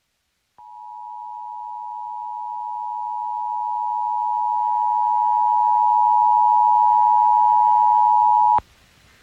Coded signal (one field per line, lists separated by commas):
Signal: Emergency Alert System (SAME) tones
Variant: 853 and 960 Hz attention tone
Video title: Fred and the Buncha Floods | EAS Alerts from 8/17/21 (EAS #651-678)